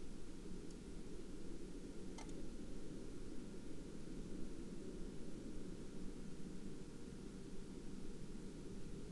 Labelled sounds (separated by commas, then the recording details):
man-made sound
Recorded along the Dalton Highway, Alaska, on 2 April 2019 at 09:32
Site 09